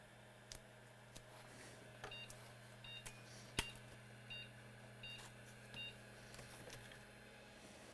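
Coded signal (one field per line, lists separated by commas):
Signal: beep code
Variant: PC motherboard BIOS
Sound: six short, evenly spaced high beeps over quiet hum, with one sharp click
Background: low electrical hum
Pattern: 6 short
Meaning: Six beeps signal no video output: the graphics card is not working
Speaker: no power. We still have 6 beeps.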